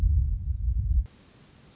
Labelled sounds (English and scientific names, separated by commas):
Black-throated Gray Warbler (Setophaga nigrescens)